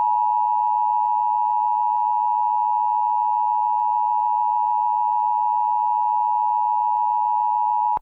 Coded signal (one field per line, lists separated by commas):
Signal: Emergency Alert System (SAME) tones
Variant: 853 and 960 Hz attention tone